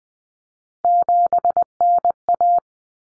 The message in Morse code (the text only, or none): 7NA